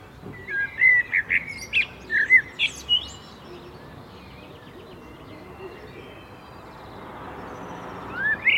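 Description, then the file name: Common blackbird song: one run of mellow, rolling whistled notes with thin high twitters, then near silence and a final rising note. "Turdus merula"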